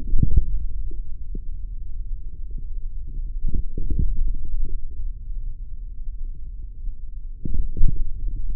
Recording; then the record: forearm muscle sounds (acoustic myography)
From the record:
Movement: hand closing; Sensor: system 3, bracelet of six PUI Audio POM-2738L microphones around the upper forearm, with dedicated amplification and filtering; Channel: 2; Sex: male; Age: 43 years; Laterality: right